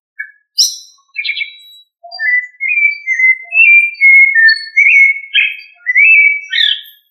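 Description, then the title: Thrush delivering a run of rich whistled notes, opening with high, sharp chips, then flowing into a continuous, varied warbling phrase. "Familia Turdidae - Sabia"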